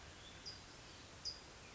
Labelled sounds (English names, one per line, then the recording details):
California Towhee
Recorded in Sonoma County, California